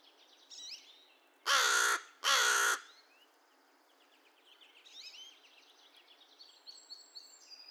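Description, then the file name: American crow delivering two quick harsh caws amid a chorus of thin twittering and whistled notes from small birds. Recorded 2 May 2020; a series of caw-caws and one caw. "2020-05-02 American Crow cawcawsandonecaw"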